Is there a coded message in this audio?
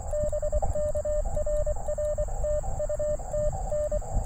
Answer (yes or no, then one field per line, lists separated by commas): yes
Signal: Morse code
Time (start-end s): 0.1-4.0 s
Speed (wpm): 24 wpm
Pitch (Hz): 600 Hz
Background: radio noise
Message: BK RR TU TN